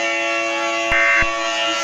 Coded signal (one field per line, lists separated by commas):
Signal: Emergency Alert System (SAME) tones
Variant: end-of-message bursts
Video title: EAS Scenario - Uranus Collision (April Fools Special)